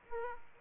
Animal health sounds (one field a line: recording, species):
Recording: mosquito wingbeat signal from an infrared sensor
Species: Aedes aegypti